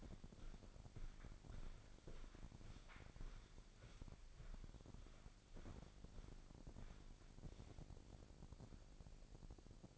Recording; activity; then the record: daily activity, microphone in the room; walk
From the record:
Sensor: 5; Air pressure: 1009.4 hPa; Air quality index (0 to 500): 145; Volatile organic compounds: 2 ppm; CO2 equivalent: 1124 ppm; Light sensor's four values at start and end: 328/780/336/375 and 327/777/334/374